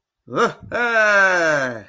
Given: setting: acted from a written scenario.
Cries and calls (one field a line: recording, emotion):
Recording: vocal sound without words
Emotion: triumph